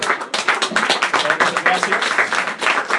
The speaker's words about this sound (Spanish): Y también un fuertísimo aplauso para Black Widow, por favor. Un fuertísimo aplauso para Black Cat.